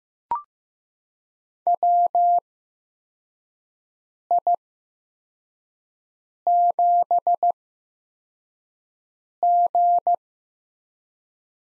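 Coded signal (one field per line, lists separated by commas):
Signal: Morse code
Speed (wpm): 15 wpm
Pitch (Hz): 700 Hz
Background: none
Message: WI7G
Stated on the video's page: Morse head-copy drill of four-character USA call signs at 15 WPM with 8x Farnsworth character spacing.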